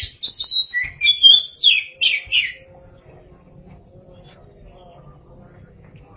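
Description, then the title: Oriental magpie-robin singing a quick sequence of sweet whistled notes and harsh buzzy elements for about two seconds, then near silence with faint background sounds. "Suara Kicauan Burung Kacer"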